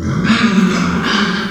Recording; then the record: squeal of a Yucatan mini pig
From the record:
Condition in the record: after surgery on the right vocal fold (resection and tissue-engineered implant); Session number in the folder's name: 14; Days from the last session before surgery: 133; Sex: female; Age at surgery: 19 weeks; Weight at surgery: 25 kg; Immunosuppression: prednisolone